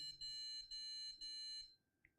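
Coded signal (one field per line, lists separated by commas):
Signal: beep code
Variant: PC POST beeps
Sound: four shrill buzzing beeps, the first clipped, the others about half a second each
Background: low room hum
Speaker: we got five beeps 1 two 3 4 five that's an interesting error code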